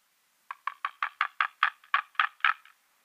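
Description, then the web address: White-tailed eagle call: a short run of about eleven hoarse, yelping notes at a brisk pace of roughly four per second. "Schulze Peter White-tailed Eagle"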